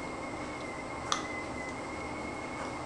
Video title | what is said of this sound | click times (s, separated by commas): Maxillary Custon Endosteal Implant #6.avi | use it with a hater Clips you can hear a little click of them snapping in | 1.1 s